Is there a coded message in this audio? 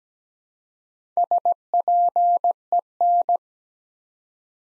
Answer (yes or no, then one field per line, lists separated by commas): yes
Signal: Morse code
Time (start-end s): 1.2-3.4 s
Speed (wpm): 17 wpm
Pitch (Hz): 700 Hz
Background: none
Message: SPEN